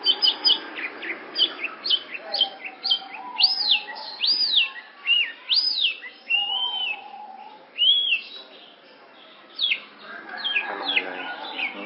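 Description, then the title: Long-tailed shrike song of varied notes: quick chips, then arched whistles and slurred phrases with pauses. "Cendet Pentet"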